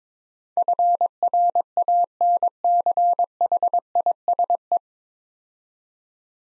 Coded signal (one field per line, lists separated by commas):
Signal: Morse code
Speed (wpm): 22 wpm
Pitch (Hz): 700 Hz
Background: none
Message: FRANCHISE